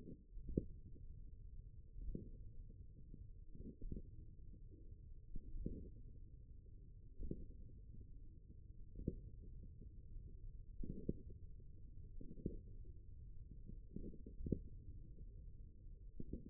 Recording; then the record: forearm muscle sounds (acoustic myography)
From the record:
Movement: index flexion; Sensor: system 1, eight BSWA MPA416 microphones around the upper forearm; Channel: 7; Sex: male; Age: 54 years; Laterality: right